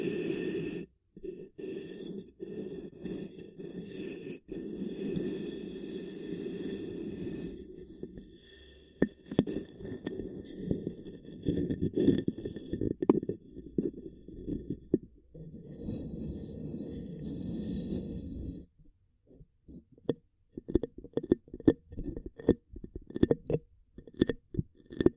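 Ear cupping triggers: muffled, hollow rubbing in low tones with sharp crackly taps, steady until a pause near eighteen seconds, then quicker, sparser bursts.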